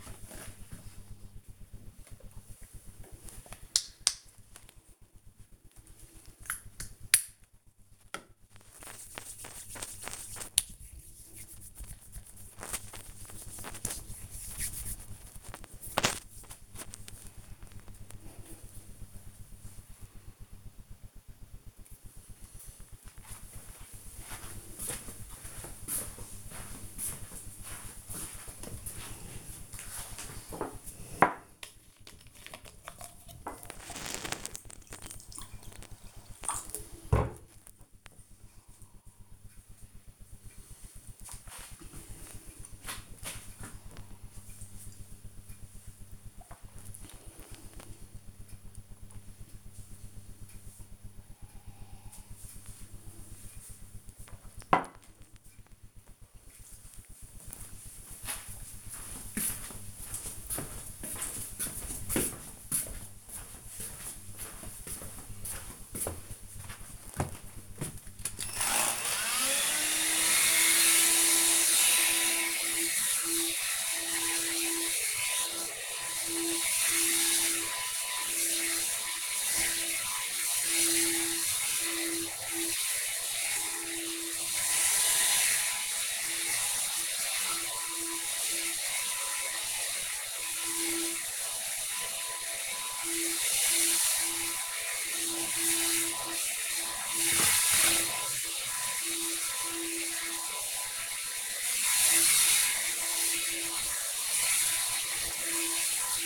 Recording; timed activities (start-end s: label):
household activities, microphone on the right wrist
1.76-15.87 s: disinfecting hands
27.95-54.18 s: drinking
66.27-106.26 s: vacuum cleaning